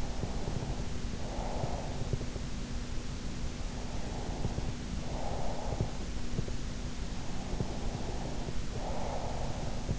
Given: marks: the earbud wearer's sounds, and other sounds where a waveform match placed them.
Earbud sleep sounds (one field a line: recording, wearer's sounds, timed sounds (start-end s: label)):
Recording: sounds in sleep by an in-ear microphone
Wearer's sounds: breath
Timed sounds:
0.00-2.37 s: breath
4.14-5.93 s: breath
7.62-9.99 s: breath